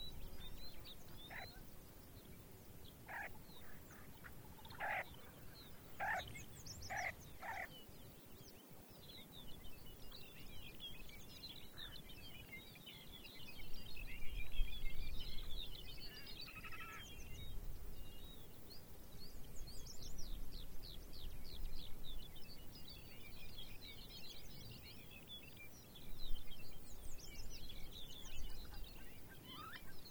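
Arctic birds call and sing over a steady low rumble of wind. Sharp, clipped calls cluster in the first eight seconds, then quick trilling songs run through most of the clip. Louder gusts swell around fifteen and twenty-six seconds.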